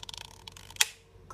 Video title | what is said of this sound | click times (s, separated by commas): Painting a Poppie Field | that because you could smush it just run your thumbs until you hear the click again | 0.8 s